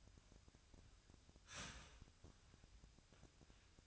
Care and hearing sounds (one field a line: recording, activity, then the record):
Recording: daily activity, microphone in the room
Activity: start toaster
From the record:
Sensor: 2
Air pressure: 1001.7 hPa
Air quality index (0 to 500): 244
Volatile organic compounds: 36 ppm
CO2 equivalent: 3076 ppm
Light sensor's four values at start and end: 10/31/12/12 and 10/32/12/12